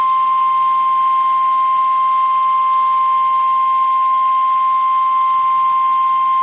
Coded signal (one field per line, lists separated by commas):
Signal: Emergency Alert System (SAME) tones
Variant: 1050 Hz attention tone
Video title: PDS Tornado Warning Interrupted By An FFW EAS #620